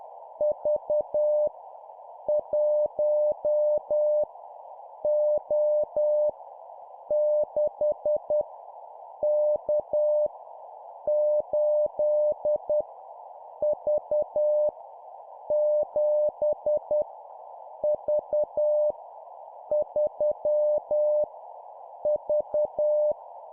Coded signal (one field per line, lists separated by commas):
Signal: Morse code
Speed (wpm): 10 wpm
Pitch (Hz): 600 Hz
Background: none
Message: V 1 O 6 K 8 V 7 V 3 V